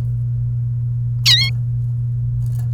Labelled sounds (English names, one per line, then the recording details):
Domestic Canary song
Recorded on 30 April 2018 at 08:06
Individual llb3